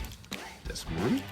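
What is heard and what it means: A plastic connection tab is pressed into the body of a transforming robot action figure (G1 Retro Bumblebee) during its transformation, and it seats with a sharp click at 0.3 s. Someone talks before and after the click.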